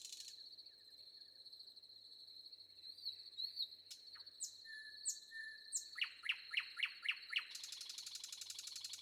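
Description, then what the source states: Common nightingale song: thin whistles and scattered notes, then a fast run of several repeated emphatic notes and a buzzy rattle, with constant crickets behind. Recorded with wind and crickets in the background.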